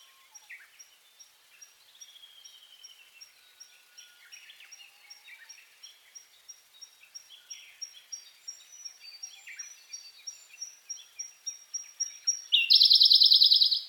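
Siberian blue robin with soft, faint ticking notes repeated steadily, building to a sudden loud rapid trill at the very end over a thin high steady tone.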